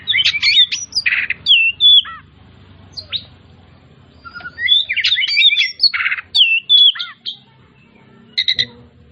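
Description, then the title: Oriental magpie-robin giving dense bursts of chirps, harsh notes and descending whistles, with a quiet stretch in the middle and a low hum. Labelled 'Kacer Tretes'; described as gacor (singing continuously and vigorously). "Kacer Tretes Gacor"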